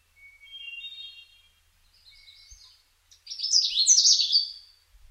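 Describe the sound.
Canada warbler song: a loud burst of quick, high, chippy notes, after a softer steady harmonic note and faint twittering.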